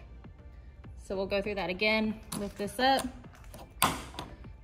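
Someone talks while lifting the latch lever on a factory crossbar latch on the truck bed rail of a Rivian R1T, unlocking it to take the crossbar back out. A sharp click is heard at 3.8 seconds as the crossbar latch is lifted open and released.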